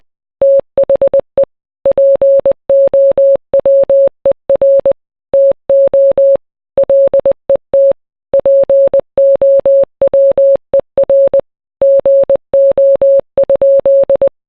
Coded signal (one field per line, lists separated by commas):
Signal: Morse code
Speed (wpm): 20 wpm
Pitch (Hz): 550 Hz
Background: none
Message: THE POWER TO LET POWER GO?